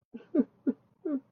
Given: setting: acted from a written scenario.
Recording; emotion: vocal sound without words; sadness